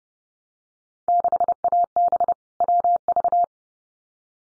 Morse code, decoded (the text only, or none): 6AB WV